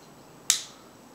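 The metal fire selector on an Umarex Legends Mauser C96 M712 full-auto .177 caliber BB pistol is switched from full auto to semi-auto, and the selector button pops up with a single sharp, bright click at 0.5 s that fades quickly into quiet background. The click and the raised button confirm the pistol is now set to semi-auto; without them it would stay in full auto.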